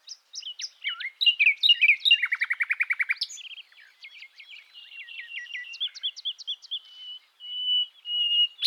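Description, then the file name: Common nightingale song: quick chirps leading into a loud, evenly repeated rattle, then a softer series of clipped notes and a level whistle near the end. "Luscinia megarhynchos"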